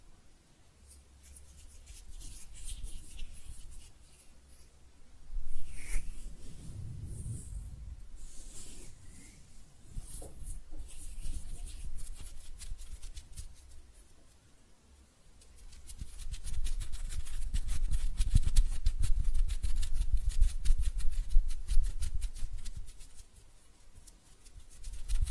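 Hands rub and scratch against each other in bursts, a dry, papery friction with a low thump near six seconds. Short stretches of rubbing alternate with quieter pauses, then from about sixteen seconds a long, dense run of fast, gritty scratching continues almost to the end.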